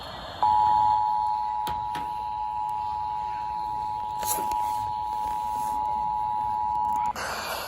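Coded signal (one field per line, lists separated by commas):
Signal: Emergency Alert System (SAME) tones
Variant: 853 and 960 Hz attention tone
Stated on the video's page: Real required monthly and weekly tests, some received via FM translators; some weekly tests carried as scroll without tones.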